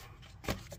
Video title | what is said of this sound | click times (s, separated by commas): Easy misfire fix for Toyota Corolla S | Listen for the click of the harness. | 0.5 s